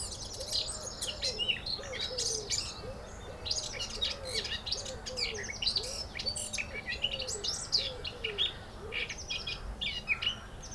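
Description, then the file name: Eurasian blackcap song, dense high warbling phrases, with a soft low call repeated many times for most. "Sylvia atricapilla"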